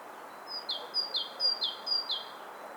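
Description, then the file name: Great tit song: four repetitions of a high then lower note pair, evenly spaced, with a light hiss underneath. "Parus major"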